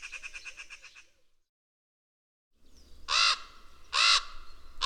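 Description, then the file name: Raven croaks: loud, harsh, arched calls about once a second, after a softer stuttering chatter fades out and a short silence. Raven together with a magpie. "Digiffects Sound Effects Library - Raven and Magpie Call"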